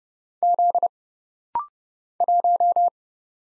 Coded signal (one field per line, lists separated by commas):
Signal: Morse code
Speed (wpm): 29 wpm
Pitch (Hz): 700 Hz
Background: none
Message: Z 1